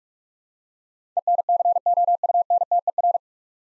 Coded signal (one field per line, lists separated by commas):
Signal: Morse code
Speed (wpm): 46 wpm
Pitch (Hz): 700 Hz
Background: none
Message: ENCOUNTER